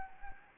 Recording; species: mosquito wingbeat signal from an infrared sensor; Anopheles arabiensis